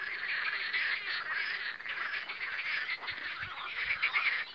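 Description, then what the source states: Frogs giving quick, rattling croaks in an unbroken overlapping chorus, with a few short low thuds toward the end. Spring croaking of frogs on the Lomnica canal, 10 May 2020.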